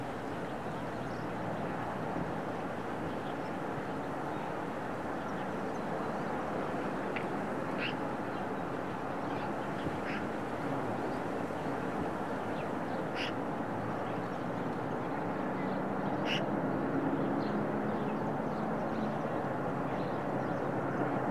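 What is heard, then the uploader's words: A daily recording from a studio in the Serra de Collserola natural park: a steady, dense low rumble fills the whole 21 seconds. Short bright calls, possibly birds, poke through around 7, 10, 13 and 16 seconds, and a faint low hum rises briefly near 15–17 seconds. Daily recordings from my studio in the Serra de Collserola natural park.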